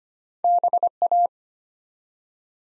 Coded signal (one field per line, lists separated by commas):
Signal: Morse code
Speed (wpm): 25 wpm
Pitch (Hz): 700 Hz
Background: none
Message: BA